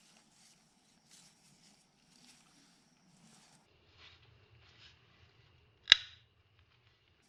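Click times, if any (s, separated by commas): 5.9 s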